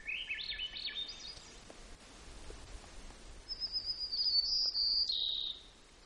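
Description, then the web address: White-crowned sparrow song, a rapid rising twittery trill at the start, then after a pause a long pure high whistle ending in a lower buzz. Recorded in Gates of the Arctic, Alaska, on 17 June 2018. "alaska acoustic highlights. White Crowned"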